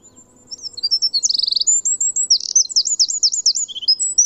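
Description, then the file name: Eurasian wren song: a rapid, high-pitched outpouring of trills and sharp notes, including a buzzy rattling burst and a run of quick zigzag phrases, lasting about four seconds. "Troglodytes troglodytes"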